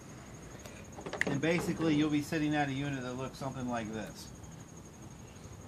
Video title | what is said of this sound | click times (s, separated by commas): Fix/Repair Ford Focus Door Handle For $1 Dollar | so anyway you pop it out | 1.2 s